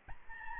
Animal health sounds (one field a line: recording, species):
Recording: mosquito wingbeat signal from an infrared sensor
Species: Aedes albopictus